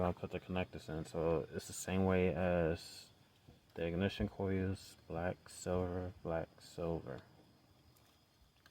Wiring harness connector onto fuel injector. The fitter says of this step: reconnect them. You hear it click. And click.